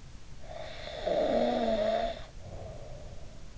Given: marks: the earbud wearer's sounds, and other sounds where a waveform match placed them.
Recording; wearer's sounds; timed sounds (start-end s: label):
sounds in sleep by an in-ear microphone; snoring breath
0.39-3.49 s: snoring breath